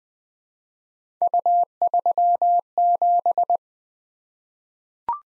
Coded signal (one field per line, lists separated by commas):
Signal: Morse code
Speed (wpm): 20 wpm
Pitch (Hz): 700 Hz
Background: none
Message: U37